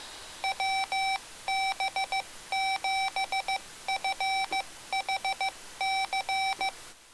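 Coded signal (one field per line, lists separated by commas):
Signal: Morse code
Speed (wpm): 15 wpm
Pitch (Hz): 770 Hz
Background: none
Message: WB7FHC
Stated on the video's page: Morse sent by a Mr. Rags Macro Keyer kit using pre-programmed hard macros of standard CW QSO lines, in QSO mode.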